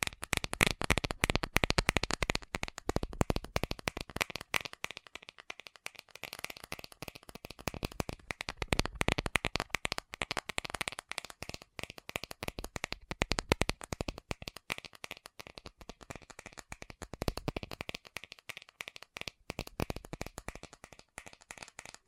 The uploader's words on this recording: ASMR Fast Tapping for Intense Tingles (No Talking).